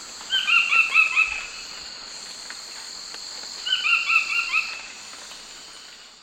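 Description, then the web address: Buff-throated foliage-gleaner song: two quick bursts of about five rattling notes, about three seconds apart, over a steady high insect drone. Recorded in the eastern lowlands of South America. "Natures Songs S America Eastern Lowlands. Buff-throated Foliage-gleaner"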